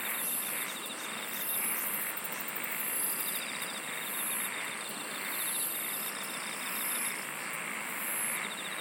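Insects singing: high buzzy bursts repeating over fast pulsed trills and a steady hiss of background noise.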